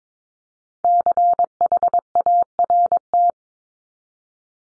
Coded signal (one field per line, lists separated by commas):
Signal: Morse code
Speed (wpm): 22 wpm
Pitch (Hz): 700 Hz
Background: none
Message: CHART